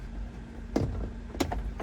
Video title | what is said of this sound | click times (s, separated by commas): Honda Odyssey Sliding Door Panel Removal (2018–2025 Step-by-Step Guide) | sure you hear it snap. | 1.4 s